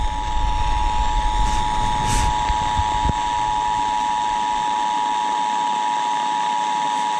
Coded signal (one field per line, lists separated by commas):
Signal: Emergency Alert System (SAME) tones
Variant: 853 and 960 Hz attention tone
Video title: Mother Nature's TROLLING Me! | EAS #583-591 (Severe Weather Alerts from 5/17/2024)